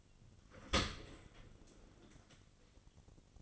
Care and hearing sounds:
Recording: daily activity, microphone in the room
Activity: open dishwasher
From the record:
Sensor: 4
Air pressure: 1003.9 hPa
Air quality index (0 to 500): 154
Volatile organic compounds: 2 ppm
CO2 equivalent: 1095 ppm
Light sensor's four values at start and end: 21/50/21/22 and 22/52/22/23

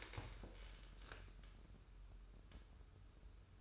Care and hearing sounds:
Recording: daily activity, microphone in the room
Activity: stand up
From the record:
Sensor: 2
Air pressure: 994.3 hPa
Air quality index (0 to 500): 202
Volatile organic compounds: 1000 ppm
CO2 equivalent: 6624 ppm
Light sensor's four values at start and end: 101/240/103/107 and 80/182/81/84

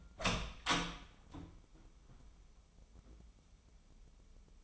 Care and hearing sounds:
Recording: daily activity, microphone in the room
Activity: open door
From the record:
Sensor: 1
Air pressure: 996.1 hPa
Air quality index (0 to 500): 30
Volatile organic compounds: 1 ppm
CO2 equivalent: 576 ppm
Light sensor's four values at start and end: 14/33/14/15 and 14/33/14/16

